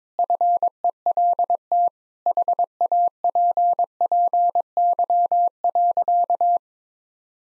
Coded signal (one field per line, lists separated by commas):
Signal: Morse code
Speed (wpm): 22 wpm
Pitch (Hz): 700 Hz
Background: none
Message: FELT HAPPY.